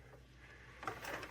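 The spring-loaded tilt head of an Aucma 6.5-QT 660W 6-speed stand mixer is lowered with both hands toward its base, with quiet low hum at first and then brief handling knocks and rustle from about 0.8 s. The clip ends before the head locks down, so nothing has seated or clicked yet. No one talks.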